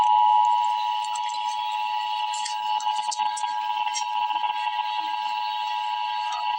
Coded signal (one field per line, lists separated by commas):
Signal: Emergency Alert System (SAME) tones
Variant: 853 and 960 Hz attention tone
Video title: Emergency Alert System - Freeze Watch - Apr 18, 2025 at 1:29 PM EDT